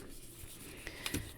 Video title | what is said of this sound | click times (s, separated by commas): The Dynamic Duo! 12-Inch Scale Batman (Brown Coat) & Robin Spin Master DC Action Figure Review | And then the knees bend. And you can hear it's on a ratchet so they lock into place. | 0.9 s, 1.1 s, 1.2 s